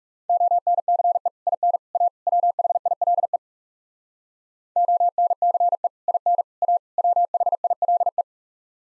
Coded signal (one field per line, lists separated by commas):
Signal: Morse code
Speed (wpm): 40 wpm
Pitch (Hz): 700 Hz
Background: none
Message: ONCE IN A WHILE ONCE IN A WHILE